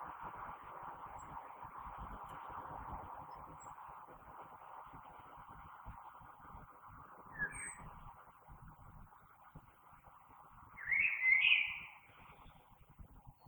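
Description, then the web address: Common blackbird song: a short soft note around the middle and a louder warbled fluty phrase near the end, over steady low background noise. Recorded 3 March 2020. "oiseaux Merle 2020 03 03"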